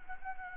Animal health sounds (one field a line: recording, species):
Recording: mosquito wingbeat signal from an infrared sensor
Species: Anopheles gambiae